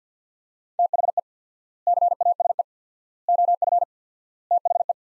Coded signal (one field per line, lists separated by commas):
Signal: Morse code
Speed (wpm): 50 wpm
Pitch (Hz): 700 Hz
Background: none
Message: THE CASE OF THE